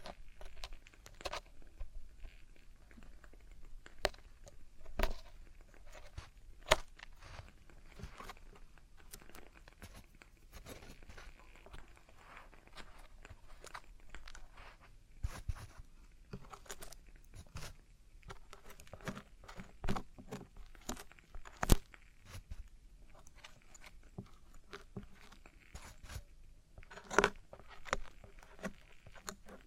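Ear cleaning and earwax removal, heard as sharp scratching, crackling clicks and soft rustles against near silence. The clicks come irregularly, several per second at times, with louder crisp pops around 7, 15, 22 and 27 seconds. Faint low rubbing sounds run between them.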